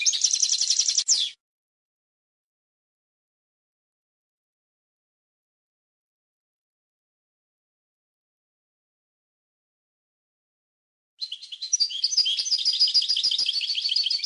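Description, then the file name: European goldfinch song in two bursts of rapid, tinkling twitter, one brief at the start and a longer run near the end, separated by about ten seconds of silence. "audio burung goldfinch"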